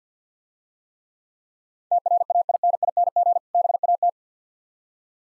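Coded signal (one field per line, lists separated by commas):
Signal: Morse code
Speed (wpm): 50 wpm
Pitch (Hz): 700 Hz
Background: none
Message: TRAINING BAT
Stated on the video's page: Morse speed practice at 50 wpm of difficult words with contextual hints.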